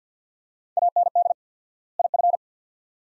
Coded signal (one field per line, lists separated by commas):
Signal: Morse code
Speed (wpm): 50 wpm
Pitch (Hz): 700 Hz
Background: none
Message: AND IF